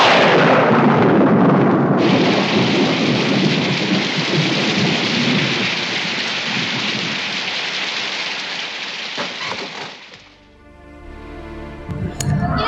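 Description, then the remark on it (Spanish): Heavy, steady rain pours down with a dense hiss while low thunder rumbles beneath it, then the downpour cuts off abruptly, leaving a brief quieter tail. “¿Podría ser peor? ¿Cómo? ¿Podría llover?”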